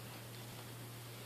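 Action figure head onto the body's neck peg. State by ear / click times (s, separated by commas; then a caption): not seated / none. The plastic head of a Marvel Legends Hobgoblin build-a-figure is being pushed onto the body's neck peg ball joint. Only a steady hiss with a low hum is heard, with no distinct sounds. Nothing has seated or clicked yet.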